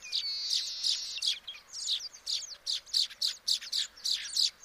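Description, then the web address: Baya weaver chattering: a fast run of high, sharp chirps, several per second, opening with a thin drawn-out note. "sound Baya-weaver. صدای-پرنده-جولای-بایا"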